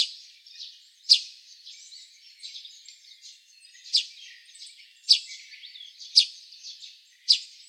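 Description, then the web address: Eurasian tree sparrow chirping, sharp high chirps at irregular intervals over a soft chatter of twittering notes. Recorded on 10 May 2015. "birdenaga suzume 150510"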